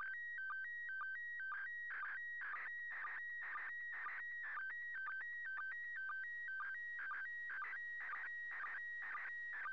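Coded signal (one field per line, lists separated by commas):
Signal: SSTV (slow-scan television)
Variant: PD120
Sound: warbling steady tones shifting between two pitches, with short low chirps twice a second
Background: radio static hiss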